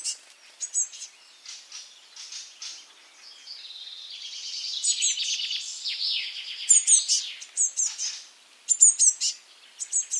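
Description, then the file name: Eurasian blue tit giving scattered high, thin call notes, then a swelling buzzy churr, followed by bright, high note clusters near the end. "Cyanistes caeruleus"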